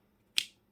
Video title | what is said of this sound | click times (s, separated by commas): OMP M2 Explore Review - 3D Flight - Crash Tests! | locks into place absolutely brilliant design | 0.4 s